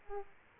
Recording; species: mosquito wingbeat signal from an infrared sensor; Aedes aegypti